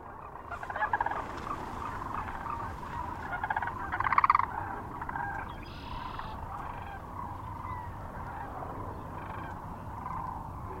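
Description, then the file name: Sandhill Crane flock calling, a dense chorus of rolling, rattling calls with louder bursts around the fourth second over a steady low rumble. Recorded 9 March 2004 near Kearney, Nebraska, together with other sounds. "2004-03-09 SACRandmore Kerney NE"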